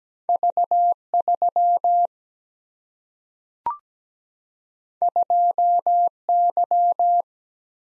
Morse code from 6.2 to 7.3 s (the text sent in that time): Y